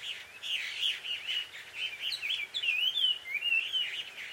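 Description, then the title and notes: Bird chatter, a steady run of wavering squeaky notes and twittering slides, loud and continuous across the whole moment. Bird pair quarrelling at dusk in Takao, Japan. "鳥の夫婦喧嘩 – Birds Quarrel At Dusk. Recorded in Takao Japan"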